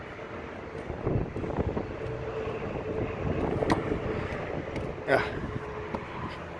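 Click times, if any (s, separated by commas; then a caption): 3.6 s, 3.7 s. A trolling motor power plug is pushed into its boat receptacle and twisted, over steady background noise with someone talking. The twist ends in short sharp clicks at about 3.6 and 3.7 seconds as the plug locks into place.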